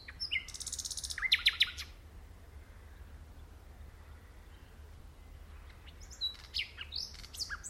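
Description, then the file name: Common nightingale song: a short loud phrase of rapid rattling notes near the start, then faint scattered notes after a long quiet gap. "Luscinia megarhynchos"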